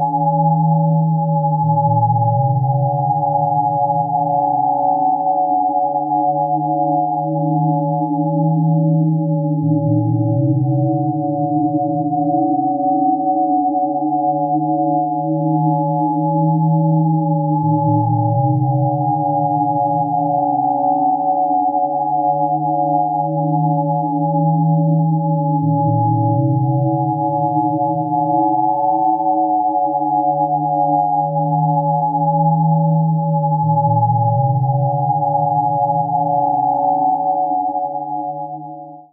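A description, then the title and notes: Steady pure sine tones hum together with a slow wavering beat, while a low tone dips and swells roughly every eight seconds throughout. Using the basic frequencies 440Hz ,567 Hz , 569Hz i recorded 2min pure sine waves of each from android function generator app into ableton live. Panning 440Hz center ,567 Hz 10"oclock " , 569Hz 1"oclock". Bode Frequency Shift Sequencer 1.0 set to 500Hz.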